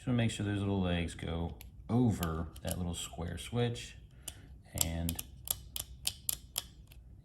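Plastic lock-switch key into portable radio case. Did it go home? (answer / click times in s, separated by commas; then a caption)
yes / 6.3 s. A small plastic key on the lock side of an opened Sangean DT-200X portable radio is pressed down so its little legs go over the square slide switch inside the case, while someone talks. A series of sharp clicks follows from about 4.3 to 6.9 s. The key snaps in and seats with the loudest click at 6.3 s.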